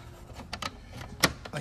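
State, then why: Seated. A plastic fuse panel cover is pressed onto the dash of a 1988–1994 Chevy Silverado 2500 truck. A few light plastic taps come first, then a sharp snap at 1.2 s as the cover clips on and seats.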